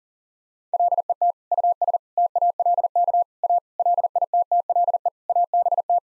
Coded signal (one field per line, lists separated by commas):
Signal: Morse code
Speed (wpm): 37 wpm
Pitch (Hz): 700 Hz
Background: none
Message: LET US TALK A LITTLE ABT